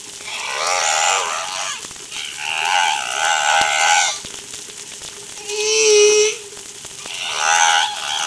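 Whale calls in repeated phrases, rich harmonic wavering tones alternating with a clear arching moan, over a constant hum.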